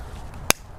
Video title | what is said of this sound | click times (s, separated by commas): HOW TO REPLACE WINDSHIELD WIPERS ON FORD MUSTANG 2015 2016 2017 2018 2019 2020 2021 2022 | lock it in place | 0.5 s